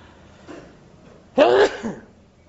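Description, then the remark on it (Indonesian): A single sharp sneeze bursts out after a faint intake of breath, loud and abrupt with a noisy, bright burst that trails off quickly into quiet. “Alhamdulillah. Yahdikumullah wa yuslihu balakum.”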